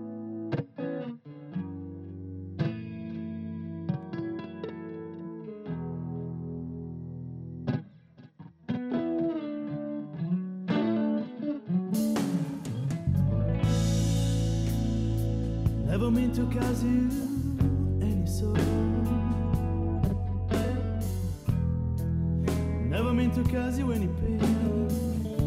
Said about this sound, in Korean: 자, 그럼 이 곡 듣고 와서 이야기를 좀 더 나눠보겠습니다.